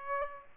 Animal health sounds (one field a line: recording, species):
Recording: mosquito wingbeat signal from an infrared sensor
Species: Aedes aegypti